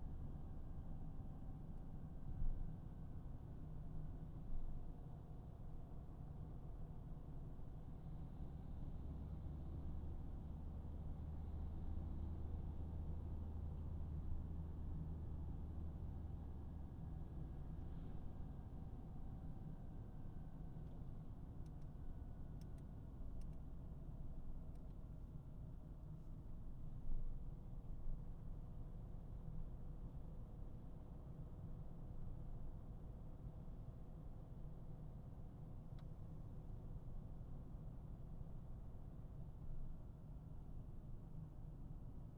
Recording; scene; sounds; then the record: everyday scene through a hearing-aid microphone; in a vehicle; engine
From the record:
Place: Berlingo II, diesel engine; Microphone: behind the ear, right, rear